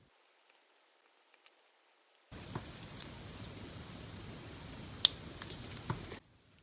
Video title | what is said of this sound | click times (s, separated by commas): HOW TO Battery Change G Shock DW 5750 | I hope you've heard the clip. So, when you put the latch or lock back on, | 5.0 s